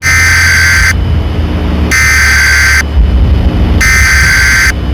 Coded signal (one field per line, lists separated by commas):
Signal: Emergency Alert System (SAME) tones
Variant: header bursts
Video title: (EAS mock) PDS tornado warning for Mercerville-Hamilton Square in New Jersey.